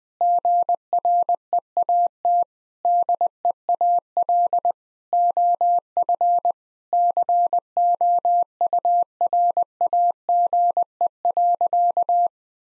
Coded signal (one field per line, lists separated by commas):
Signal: Morse code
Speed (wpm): 21 wpm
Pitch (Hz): 700 Hz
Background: none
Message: GREAT DEAL OF COURAGE.